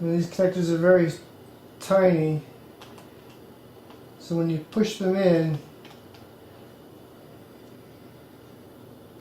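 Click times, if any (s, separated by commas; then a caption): none. A tiny display ribbon cable connector is being handled at the socket on the back of the laptop screen panel of an Asus C300M. Someone talks while a few faint ticks are heard. Nothing has seated or clicked yet.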